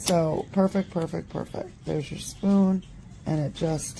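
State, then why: Not seated. A small plastic camping spoon is handled and pressed toward its storage clip in an Odoland camping cookset case while someone talks throughout. Nothing has seated or clicked yet by the end of the clip.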